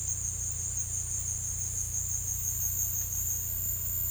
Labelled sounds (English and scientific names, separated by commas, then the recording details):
none
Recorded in secondary vegetation near Puerto Asís, Putumayo, Colombia, on 18 December 2024 at 15:30
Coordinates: 0.484, -76.319
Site GP06